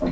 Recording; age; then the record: pig call; piglet (1 to 25 days)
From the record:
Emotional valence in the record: positive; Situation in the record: reunion after long isolation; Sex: male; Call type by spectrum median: low-frequency call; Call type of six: mixed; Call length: 0.12 s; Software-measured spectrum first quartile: 215 Hz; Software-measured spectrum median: 348 Hz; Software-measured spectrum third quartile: 645 Hz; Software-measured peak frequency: 253 Hz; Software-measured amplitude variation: 62 dB a second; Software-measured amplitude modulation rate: 21.4 a second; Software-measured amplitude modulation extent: 2.9 dB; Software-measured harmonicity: 2.4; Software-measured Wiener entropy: -0.86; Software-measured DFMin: 1163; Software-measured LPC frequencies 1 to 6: 542, 2052, 3704, 4124, 5169, 5790 Hz